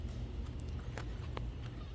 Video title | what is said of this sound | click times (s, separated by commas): Kia Sportage - HOW TO - Front Bumper Removal | This side is snapped in. | 1.0 s, 1.4 s